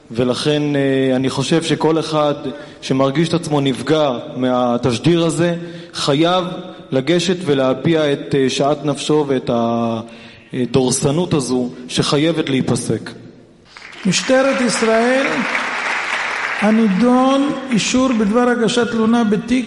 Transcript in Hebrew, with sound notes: לכן אני חושב שכל אחד שמרגיש את עצמו נפגע מהתשדיר הזה, חייב לגשת ולהביע את שאט נפשו ואת הדורסנות הזאת שחייבת להיפסק (הקהל מוחא כפים) משטרת ישראל הנידון: אישור בדבר הגשת תלונה בתיק